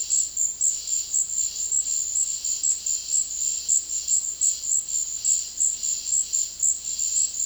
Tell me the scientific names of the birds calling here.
none